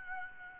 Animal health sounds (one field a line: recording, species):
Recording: mosquito wingbeat signal from an infrared sensor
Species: Aedes albopictus